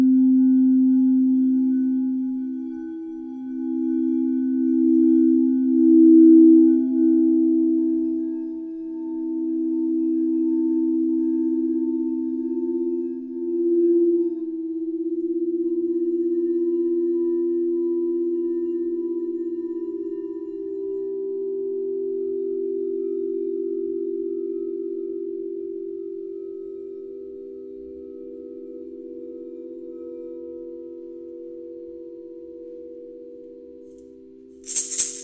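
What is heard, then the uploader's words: Sound bath tones hum steadily, overlapping low ringing pitches swelling and fading in slow waves, ending with a brief bright click near the close. Self-Love Sound Bath.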